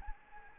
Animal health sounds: mosquito wingbeat signal from an infrared sensor; Anopheles arabiensis

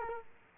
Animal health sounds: mosquito wingbeat signal from an infrared sensor; Culex quinquefasciatus

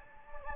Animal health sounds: mosquito wingbeat signal from an infrared sensor; Anopheles gambiae

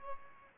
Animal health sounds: mosquito wingbeat signal from an infrared sensor; Aedes aegypti

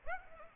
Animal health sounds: mosquito wingbeat signal from an infrared sensor; Aedes aegypti

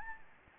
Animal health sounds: mosquito wingbeat signal from an infrared sensor; Anopheles gambiae

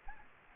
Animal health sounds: mosquito wingbeat signal from an infrared sensor; Anopheles gambiae

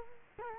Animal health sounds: mosquito wingbeat signal from an infrared sensor; Culex quinquefasciatus

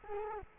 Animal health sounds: mosquito wingbeat signal from an infrared sensor; Culex quinquefasciatus

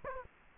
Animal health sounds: mosquito wingbeat signal from an infrared sensor; Culex quinquefasciatus

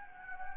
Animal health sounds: mosquito wingbeat signal from an infrared sensor; Anopheles gambiae

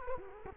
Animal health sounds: mosquito wingbeat signal from an infrared sensor; Culex quinquefasciatus

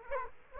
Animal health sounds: mosquito wingbeat signal from an infrared sensor; Aedes aegypti

